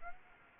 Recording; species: mosquito wingbeat signal from an infrared sensor; Aedes aegypti